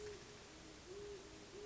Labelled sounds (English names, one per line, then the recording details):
Great Horned Owl
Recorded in Sonoma County, California